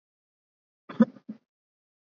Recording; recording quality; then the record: shallow voluntary cough; moderate, slight background noise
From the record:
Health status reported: recovered from COVID-19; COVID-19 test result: negative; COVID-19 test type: RT-PCR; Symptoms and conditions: cough, fever, fatigue, muscle pain, asthma, hypertension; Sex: male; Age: 40 years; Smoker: yes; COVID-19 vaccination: both doses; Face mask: worn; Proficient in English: yes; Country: India